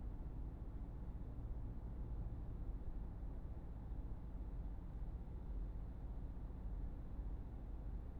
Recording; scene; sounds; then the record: everyday scene through a hearing-aid microphone; in a vehicle; engine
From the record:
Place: Berlingo II, diesel engine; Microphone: behind the ear, right, rear